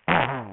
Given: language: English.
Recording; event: throat vibration sensor signal played as sound; throat clearing